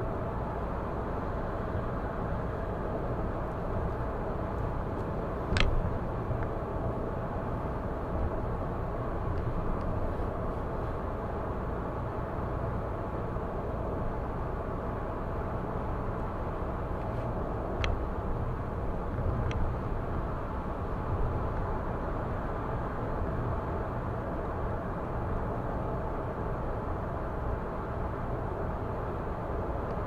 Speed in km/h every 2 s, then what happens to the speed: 105, 105, 105, 105, 105, 105, 105, 106, 105, 105, 105, 106, 106, 106, 106.
0-30 steady at about 105.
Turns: none.